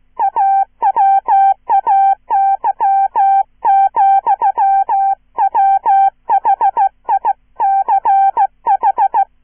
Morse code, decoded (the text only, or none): AWAY, WHICH